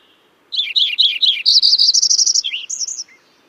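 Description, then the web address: Lincoln's Sparrow song: a bubbly, rapid jumble of gurgling notes, then a fast buzzy trill and a few higher sweet notes at the end, over a quiet background. "Songs of Birds of North America Know Your Bird Sounds Common Western Species. Lincolns Sparrow"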